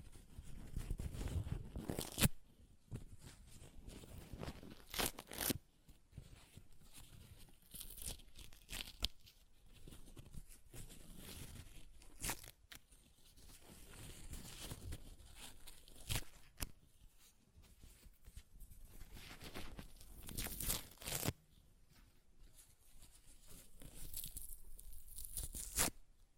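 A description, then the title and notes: Paper is ripped and torn in a series of irregular bursts, each a rough, crackling sweep that spans low rasp to bright hiss. Tears come every second or two, some short and sharp, others longer, with quiet rustling and crinkling between them. ASMR Paper Ripping Tearing Sounds (No Talking).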